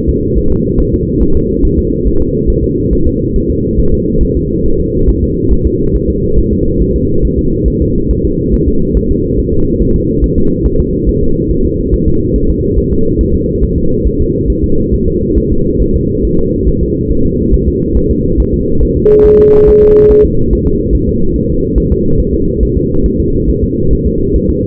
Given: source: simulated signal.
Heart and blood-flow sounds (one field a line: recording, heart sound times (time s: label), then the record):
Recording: fetal heart sounds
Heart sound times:
0.09 s: S2
0.38 s: S1
0.52 s: S2
0.80 s: S1
0.94 s: S2
1.22 s: S1
1.37 s: S2
1.65 s: S1
1.79 s: S2
2.07 s: S1
2.22 s: S2
2.50 s: S1
2.64 s: S2
2.93 s: S1
3.07 s: S2
3.36 s: S1
3.50 s: S2
3.80 s: S1
3.94 s: S2
4.23 s: S1
4.37 s: S2
4.66 s: S1
4.80 s: S2
5.09 s: S1
5.24 s: S2
5.53 s: S1
5.67 s: S2
5.96 s: S1
6.10 s: S2
6.39 s: S1
6.53 s: S2
6.82 s: S1
6.96 s: S2
7.25 s: S1
7.39 s: S2
7.68 s: S1
7.82 s: S2
8.11 s: S1
8.25 s: S2
8.54 s: S1
8.68 s: S2
8.97 s: S1
9.11 s: S2
9.39 s: S1
9.54 s: S2
9.82 s: S1
9.96 s: S2
10.24 s: S1
10.38 s: S2
10.66 s: S1
10.80 s: S2
11.09 s: S1
11.23 s: S2
11.51 s: S1
11.65 s: S2
11.94 s: S1
12.08 s: S2
12.36 s: S1
12.50 s: S2
12.79 s: S1
12.93 s: S2
13.21 s: S1
13.35 s: S2
13.64 s: S1
13.78 s: S2
14.07 s: S1
14.21 s: S2
14.50 s: S1
14.64 s: S2
14.94 s: S1
15.08 s: S2
15.38 s: S1
15.52 s: S2
15.82 s: S1
15.96 s: S2
16.25 s: S1
16.39 s: S2
16.69 s: S1
16.83 s: S2
17.12 s: S1
17.26 s: S2
17.54 s: S1
17.68 s: S2
17.97 s: S1
18.11 s: S2
18.40 s: S1
18.54 s: S2
18.83 s: S1
18.97 s: S2
19.26 s: S1
19.40 s: S2
19.69 s: S1
19.83 s: S2
20.11 s: S1
20.25 s: S2
20.53 s: S1
20.67 s: S2
20.95 s: S1
21.09 s: S2
21.36 s: S1
21.50 s: S2
21.78 s: S1
21.92 s: S2
22.20 s: S1
22.34 s: S2
22.63 s: S1
22.77 s: S2
23.06 s: S1
23.20 s: S2
23.50 s: S1
23.64 s: S2
23.93 s: S1
24.07 s: S2
24.36 s: S1
24.50 s: S2
From the record:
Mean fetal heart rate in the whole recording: 140 bpm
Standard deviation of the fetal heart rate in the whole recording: 2 bpm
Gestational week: 34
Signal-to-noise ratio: -16.4 dB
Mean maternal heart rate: 72 bpm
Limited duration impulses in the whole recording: present